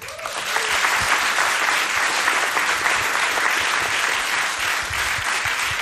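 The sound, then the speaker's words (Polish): An audience claps steadily, a dense wash of many hands that rises quickly after a brief start and holds at a loud, even level for several seconds without talk. “Usiadł sobie na widowni, powiedział trzy słowa i dostał trzy razy brawa.”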